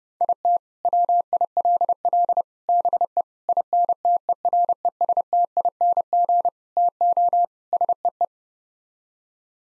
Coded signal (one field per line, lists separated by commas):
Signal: Morse code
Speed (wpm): 32 wpm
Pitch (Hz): 700 Hz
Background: none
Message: IT WILL BE INTERESTING TO SEE